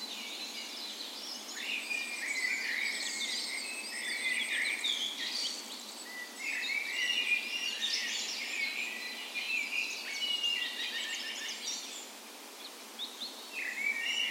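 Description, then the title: Birds in a dawn chorus, several songbirds singing at once with warbling phrases, thin whistles and rapid chirps over a constant soft hiss. Spring dawn chorus, morning of 17 May, Norway's National Day, in a park west in Bergen, Norway; recorded with Sony PCM A10 and LOM micro Usi microphones as tree ears. "17th Of May Dawn Chorus"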